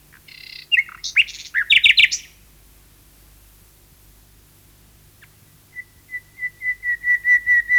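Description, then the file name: Common nightingale song: a burst of rich chirps and rattling notes, a pause, then a series of pure whistles swelling louder, about four per second. "Nachtegaal 2-Sound Cloud - Beeld en Geluid"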